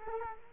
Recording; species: mosquito wingbeat signal from an infrared sensor; Culex quinquefasciatus